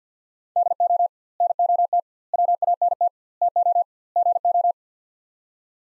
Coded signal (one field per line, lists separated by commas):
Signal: Morse code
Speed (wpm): 50 wpm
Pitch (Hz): 700 Hz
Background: none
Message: DO NOT WANT TO GO